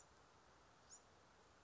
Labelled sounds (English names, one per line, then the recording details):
Bewick's Wren
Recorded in Sonoma County, California